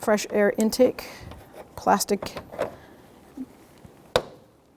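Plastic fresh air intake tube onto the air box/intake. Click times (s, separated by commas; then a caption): 4.2 s. Someone talks while the plastic fresh-air intake tube of a 2007-2017 Jeep Patriot 2.4L L4 is guided onto the air box. A single sharp snap at 4.2 s marks the tube locking into place, seated.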